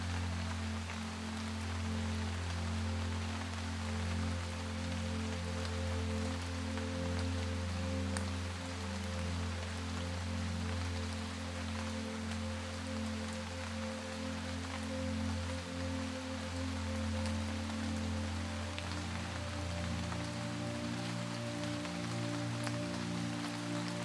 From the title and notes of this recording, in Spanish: Escuche una Lluvia y una MELODÍA Suave.